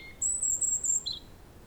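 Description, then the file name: European robin producing a very high, thin, sustained whistle that wavers slightly, followed by a short lower twitter, over soft background hiss. "Erithacus rubecula"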